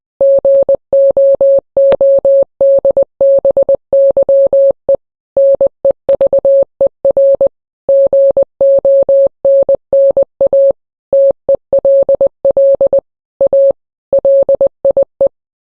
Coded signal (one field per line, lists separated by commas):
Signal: Morse code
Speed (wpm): 20 wpm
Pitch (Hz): 550 Hz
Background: none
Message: GOODBYE NEVER GONNA TELL A LIE